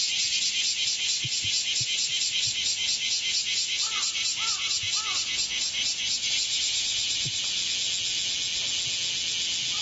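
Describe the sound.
Cicada song, a high buzzing drone pulsing in fast regular throbs, then easing into a smoother hiss, with a few faint short chirps midway.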